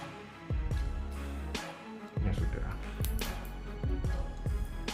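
Someone handles the hand clip, a plastic part of a Gundam model kit, pushing it onto its peg on the figure while music with a regular beat plays. Nothing has seated or clicked yet; the clip ends just before the part goes home.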